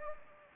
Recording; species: mosquito wingbeat signal from an infrared sensor; Anopheles gambiae